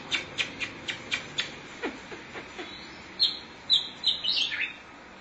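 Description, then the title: Oriental magpie-robin song: a run of sharp clicking ticks, then a burst of high, varied chirping notes near the end. "Suara Kicauan Burung Kacer Durasi Panjang"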